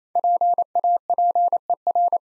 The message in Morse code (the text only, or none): PAPER